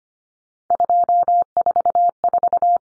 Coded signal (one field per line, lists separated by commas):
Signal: Morse code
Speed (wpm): 25 wpm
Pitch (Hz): 700 Hz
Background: none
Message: 244